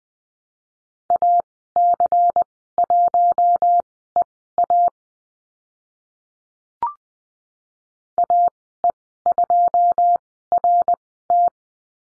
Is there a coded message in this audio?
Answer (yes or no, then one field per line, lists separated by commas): yes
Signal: Morse code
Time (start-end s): 1.1-11.5 s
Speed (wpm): 20 wpm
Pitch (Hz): 700 Hz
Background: none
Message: AC1EA AE2RT